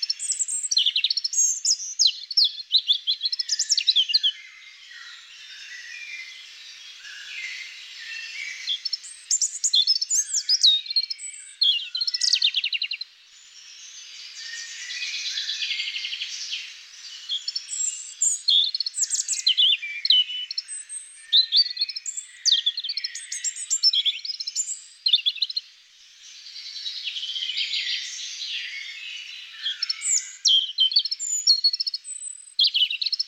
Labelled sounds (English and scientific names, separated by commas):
European Robin (Erithacus rubecula) song